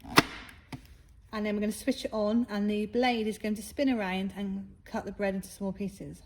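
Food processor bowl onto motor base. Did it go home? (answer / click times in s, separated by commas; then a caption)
yes / 0.2 s. A plastic food processor bowl or lid is twisted and locked onto its motor base before switching on, with bread inside to be cut into breadcrumbs, giving a sharp click at 0.2 s as it seats, followed by a fainter tap at 0.7 s. Someone then talks.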